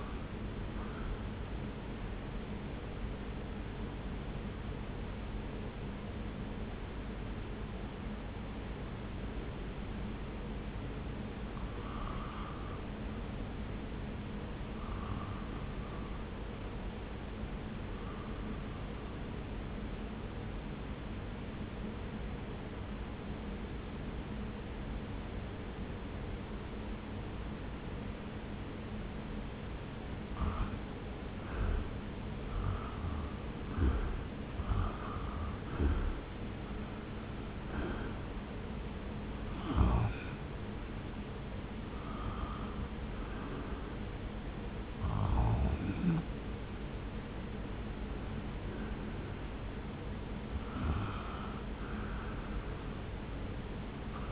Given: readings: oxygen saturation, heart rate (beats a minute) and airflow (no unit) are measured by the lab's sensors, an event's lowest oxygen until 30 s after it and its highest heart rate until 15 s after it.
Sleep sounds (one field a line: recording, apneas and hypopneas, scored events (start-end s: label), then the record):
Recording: breathing in sleep by a voice recorder at the bedside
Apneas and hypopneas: 1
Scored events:
5.00-30.20 s: obstructive apnea (REM, oxygen 97% highest, then 80% lowest)
From the record:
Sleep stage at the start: REM sleep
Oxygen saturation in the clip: 80 to 97%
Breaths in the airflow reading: 10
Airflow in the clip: -0.8 to 1.5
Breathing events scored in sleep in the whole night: 335 in 6.7 hours asleep